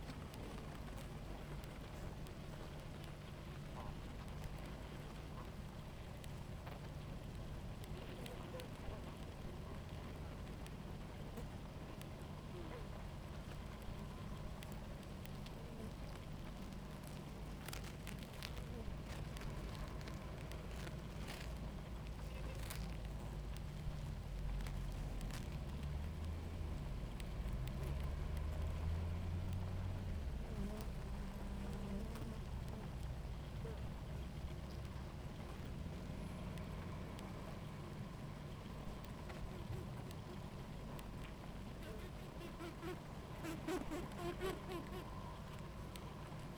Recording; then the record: honeybee colony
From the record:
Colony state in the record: active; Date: 28 July 2017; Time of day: 17:47